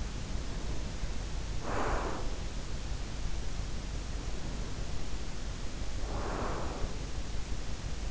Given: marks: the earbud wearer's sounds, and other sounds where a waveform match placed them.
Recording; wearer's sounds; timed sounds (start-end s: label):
sounds in sleep by an in-ear microphone; breath
0.32-2.60 s: breath
4.03-7.12 s: breath